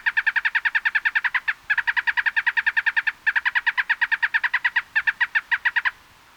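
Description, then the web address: Ash-colored tapaculo song: rapid series of short, harmonic-rich churring notes in bursts of one to three seconds, broken by brief pauses, steady pitch throughout. Ecuador. "Birds of Ecuador 2. Ash-Colored Tapaculo"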